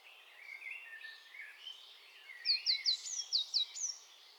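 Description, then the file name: Eurasian blue tit calling a fast run of high, thin, downward-sliding notes, several in sequence, after a stretch of quieter, lower sounds. "Cyanistes caeruleus"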